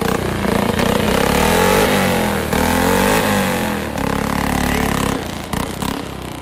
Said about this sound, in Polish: Tak to brzmi. Fantastycznie brzmi tutaj motocykl. To się niesie. Trybuny są zadaszone, więc ten dźwięk odbija się i to jest naprawdę potężny dźwięk.